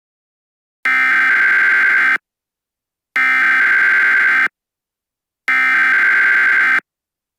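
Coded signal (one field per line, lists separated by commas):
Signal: Emergency Alert System (SAME) tones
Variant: header bursts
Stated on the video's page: Fictional EAS scenario.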